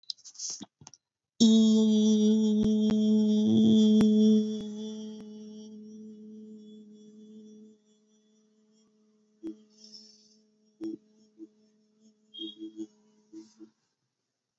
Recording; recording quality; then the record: sustained vowel as in beet; excellent, no background noise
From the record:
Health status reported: exposed to COVID-19, no respiratory illness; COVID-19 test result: negative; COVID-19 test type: RT-PCR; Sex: female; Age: 23 years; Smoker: no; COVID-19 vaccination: both doses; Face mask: not worn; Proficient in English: yes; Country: India